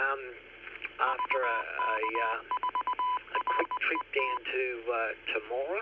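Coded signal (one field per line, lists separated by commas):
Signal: Morse code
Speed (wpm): 20 wpm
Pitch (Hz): 1000 Hz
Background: speech, radio noise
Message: VK4RET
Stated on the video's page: Morse heard during a weekly Wednesday night amateur radio net.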